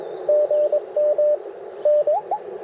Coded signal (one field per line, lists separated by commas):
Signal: Morse code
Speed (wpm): 21 wpm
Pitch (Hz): 600 Hz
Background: radio noise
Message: GM N